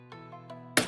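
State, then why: Seated. A metal cap is pressed into the upside-down mainspring barrel of an antique Kienzle wall box clock, squeezed slowly in a vise after the cleaned, greased mainspring has been put back inside. Over a steady low tonal hum with a faint tick near 0.1 s, a sharp, loud click rings out at 0.8 s as the cap seats home, sitting flat all the way around.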